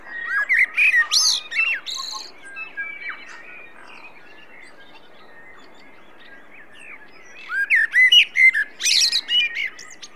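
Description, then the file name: Common blackbird song: two mellow whistled phrases near the start and end, each ending in high squeaky twittering, with a softer warble between them. "Turdus merula"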